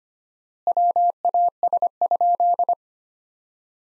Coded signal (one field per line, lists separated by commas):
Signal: Morse code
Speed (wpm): 25 wpm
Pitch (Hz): 700 Hz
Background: none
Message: WAS?